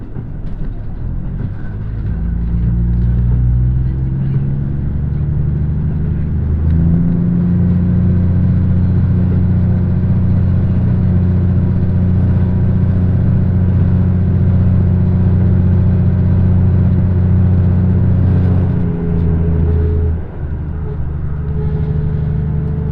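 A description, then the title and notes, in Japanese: A KiHa 85 diesel express train on the Kansai Main Line between Kuwana and Nagoya, its engine droning low and steady. The pitch climbs in steps during the first seven seconds, holds level, then drops and shifts briefly around twenty seconds before settling again. 関西本線 桑名→名古屋特急南紀6号（キハ85）。やはり特別急行らしい重厚さと貫禄がエンジン音から伝わってきます。とはいえこの日の編成は２両！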